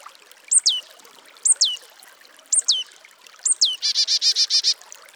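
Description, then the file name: Marsh tit giving four clear high descending call notes spaced about a second apart, followed by a scolding buzzy chatter of several rapid notes. "Poecile palustris"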